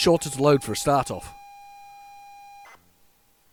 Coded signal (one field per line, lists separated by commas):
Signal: ZX Spectrum tape loading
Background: speech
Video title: What's on the Tape? 🖥️ featuring ZX Spectrum games Bomb Jack, Match Day, Trashman and more!